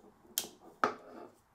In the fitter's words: And this will click in. So place the bottom in